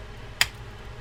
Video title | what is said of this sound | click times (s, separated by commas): Abu Ambassadeur BTS 5500 C4 fishing reel how to take apart and service | You need to hear that snap | 0.4 s